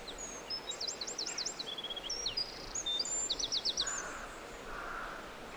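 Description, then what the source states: Birds singing, several high chirps, quick zigzag trills and short whistled notes overlapping at a rapid pace, over a steady soft background hiss. Birdsong in a forest.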